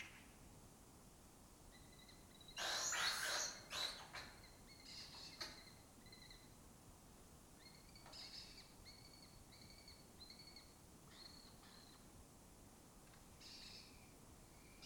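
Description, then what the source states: Lesser kestrel calls, faint repeated chattering notes running before and after a loud harsh burst of screeching. Colony of migratory lesser kestrels breeding in an abandoned building in Doñana, southern Europe; they forage in West Africa.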